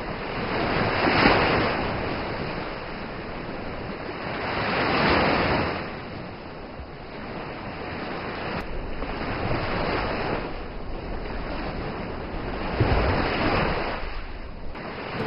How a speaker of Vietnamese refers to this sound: Chợt vang lên tiếng sóng đánh mạnh vào bờ. Cô giật mình ngẩng đầu lên. Nước biển đã dâng cao.